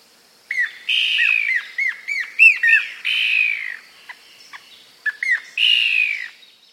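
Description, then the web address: Blackish antbird song: clear arched whistled notes in quick bursts, mixed with longer falling whistles and a faint steady high tone. South America. "Natures Songs S America Blackish Antbird"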